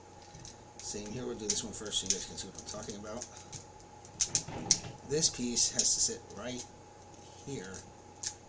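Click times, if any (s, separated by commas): none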